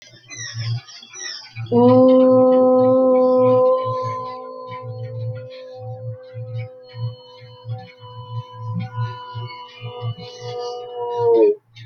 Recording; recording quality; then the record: sustained vowel as in boot; moderate, slight background noise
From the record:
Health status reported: healthy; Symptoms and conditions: none ticked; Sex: female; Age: 24 years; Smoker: not ticked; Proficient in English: yes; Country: India